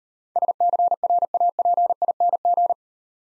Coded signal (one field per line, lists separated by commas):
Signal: Morse code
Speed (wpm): 38 wpm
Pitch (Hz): 700 Hz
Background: none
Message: SCRAPING